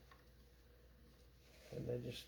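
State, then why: Not seated. A battery holder part is hooked over a small lip on its housing to line it up before being pressed in. Only faint handling noise is heard, with a small tick near 0.1 s, and someone talks near the end. Nothing has seated or clicked yet.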